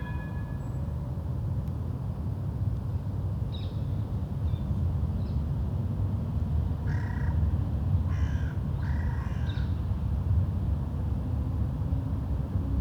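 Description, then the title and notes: Crow calls: hoarse, ragged caws, a few scattered and then a closer group, over a constant low rumble. Crows in a park in Uccle, Belgium; park ambience; recorded with DPA 2006c microphones in AB position into an SD MixPre-D and Sony PCM-M10. "Corbeaux - Crows. Parc de Wolvendael, 1180 Uccle, Belgium. Ambiance dans le parc, quelques oiseaux"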